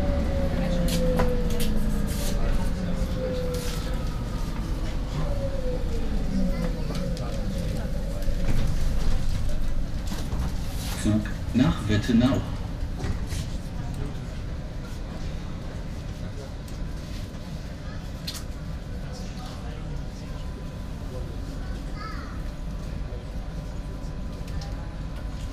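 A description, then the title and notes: A U-Bahn train rumbles steadily with sliding whines early on, a burst of clatter near twelve seconds, and scattered voices throughout. U-Bahn Rathaus Neuköln - Alexanderplatz Berlin. The whole U-Bahn trip from Rathaus Neuköln to Alexanderplatz.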